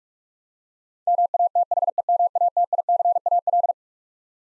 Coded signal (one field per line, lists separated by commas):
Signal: Morse code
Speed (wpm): 43 wpm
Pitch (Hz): 700 Hz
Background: none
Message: MATHEMATICAL